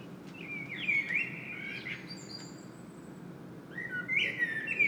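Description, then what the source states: Common blackbird giving a mellow whistled phrase with a squeaky trailing end, a pause, then a second fluting phrase starting. Singing in Saint-Gilles, Belgium; recorded with a Sony PCM-M10 internal microphone.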